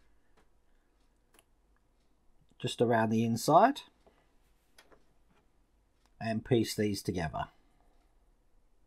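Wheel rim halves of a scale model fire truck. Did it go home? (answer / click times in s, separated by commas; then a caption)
no / none. Someone talks while handling the two wheel rim halves of a 1:24 scale model fire truck, plastic or metal, with glue dotted around the inside of the rim edge before the halves are pressed together. A few faint, brief taps and clicks sound between the spoken phrases. Nothing has seated or clicked into place yet.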